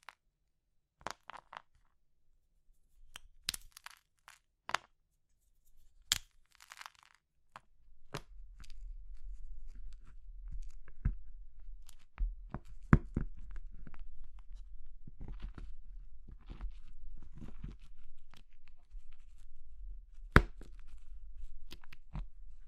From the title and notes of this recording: ASMR Oddly Satisfying Crushing Triggers Soap, Chalk, Meringue, Pastel (No Talking).